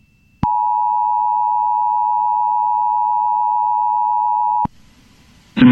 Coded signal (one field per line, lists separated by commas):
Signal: Emergency Alert System (SAME) tones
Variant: 853 and 960 Hz attention tone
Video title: EAS Tornado Warning for EF4 Rolling Forks Tornado and EF3 Black Hawk Tornado on WJON IP 3-24-2023